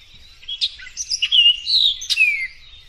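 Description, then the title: Lovebird chatter, squeaky sliding high notes run together with a couple of sharp clicks. Lovebird call used as a lure to attract lovebirds. "PIKAT BURUNG LOVEBIRD"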